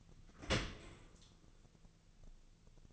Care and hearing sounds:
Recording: daily activity, microphone in the room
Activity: open dishwasher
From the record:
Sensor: 4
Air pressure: 1001.3 hPa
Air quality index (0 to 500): 179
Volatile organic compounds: 2 ppm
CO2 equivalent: 1281 ppm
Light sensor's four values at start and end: 11/25/10/10 and 11/26/10/11

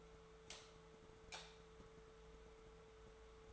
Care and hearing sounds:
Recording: daily activity, microphone in the room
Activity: light off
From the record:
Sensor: 3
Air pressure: 1014.7 hPa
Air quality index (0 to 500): 192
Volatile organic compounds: 24 ppm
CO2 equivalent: 2809 ppm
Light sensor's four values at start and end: 31/79/33/34 and 30/76/32/34

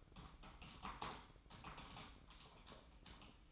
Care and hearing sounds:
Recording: daily activity, microphone in the room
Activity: typing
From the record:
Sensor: 1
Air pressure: 1007.6 hPa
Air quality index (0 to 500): 79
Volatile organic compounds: 1 ppm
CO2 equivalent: 685 ppm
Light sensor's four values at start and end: 10/25/10/11 and 10/25/10/11

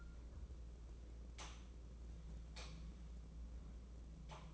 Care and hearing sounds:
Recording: daily activity, microphone in the room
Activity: light off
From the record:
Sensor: 1

